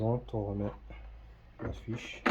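Someone talks while the wiring plug is pushed back onto the rear right turn signal lamp unit of a 2016 VW Sharan 7N2 after replacing its PY21W bulb. Only speech and faint handling noise are heard, and the connector has not clicked or seated yet.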